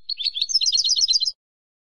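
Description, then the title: European goldfinch singing a brief, busy run of high liquid twitters and buzzy chips that blur into a fast trill, then stopping abruptly. "Jilguero"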